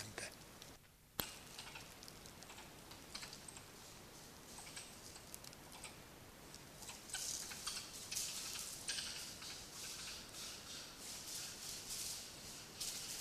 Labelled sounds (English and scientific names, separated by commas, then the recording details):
Beech Marten (Martes foina) call
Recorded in the wild
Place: Hückeswagen, Nordrhein-Westfalen, DE
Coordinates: 51.17, 7.38
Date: 1999-07-03 23:00
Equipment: Sony WM-D6C
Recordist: Skiba, Reinald
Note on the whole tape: Nähe Beverstausee: Rufe eines Steinmarders. Tier deutlich gesehen